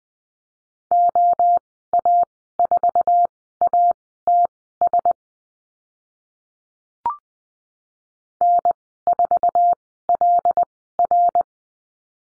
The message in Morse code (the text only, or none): OA4ATS N4LR